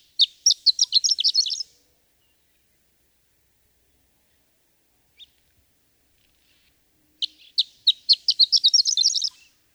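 Horned lark song: a high tinkling phrase of a few spaced notes speeding into a jumbled twittering run, given twice with a long silent gap between.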